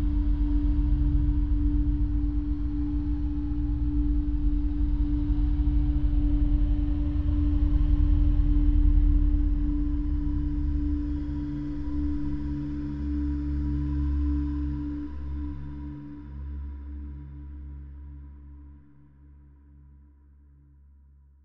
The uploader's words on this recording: SFX Background - Eerie Ambience.